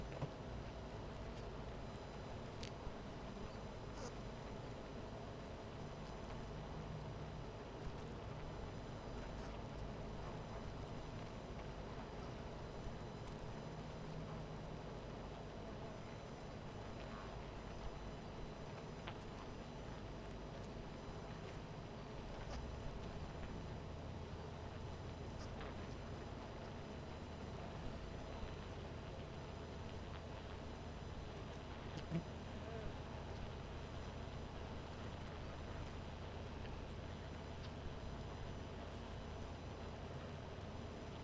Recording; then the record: honeybee colony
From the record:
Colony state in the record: missing queen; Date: 14 July 2017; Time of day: 12:00